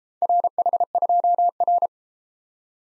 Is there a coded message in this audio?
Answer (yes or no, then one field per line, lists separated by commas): yes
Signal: Morse code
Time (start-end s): 0.2-1.9 s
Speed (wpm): 33 wpm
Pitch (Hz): 700 Hz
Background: none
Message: RH2R